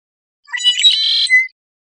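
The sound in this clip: Red-winged blackbird singing a single phrase: quick introductory notes rolling into a raspy, buzzing trill that ends on a brief thin note, lasting about a second.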